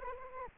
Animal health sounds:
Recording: mosquito wingbeat signal from an infrared sensor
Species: Anopheles arabiensis

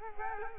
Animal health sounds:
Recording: mosquito wingbeat signal from an infrared sensor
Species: Culex quinquefasciatus

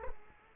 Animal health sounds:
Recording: mosquito wingbeat signal from an infrared sensor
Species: Culex quinquefasciatus

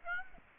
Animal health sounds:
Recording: mosquito wingbeat signal from an infrared sensor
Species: Aedes aegypti

